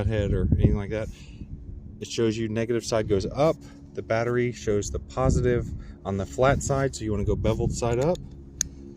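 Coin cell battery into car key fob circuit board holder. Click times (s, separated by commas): 8.6 s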